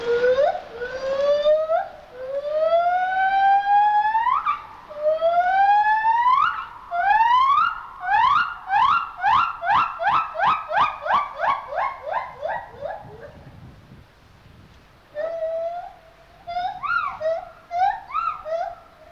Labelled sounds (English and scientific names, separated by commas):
Silvery Javan Gibbon (Hylobates moloch)